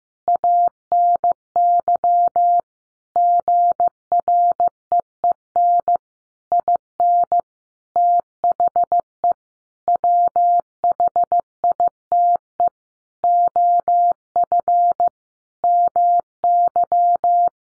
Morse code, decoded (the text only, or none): ANY GREEN IN THE WHITE OF MY